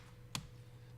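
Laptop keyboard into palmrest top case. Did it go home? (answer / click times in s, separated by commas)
yes / 0.4 s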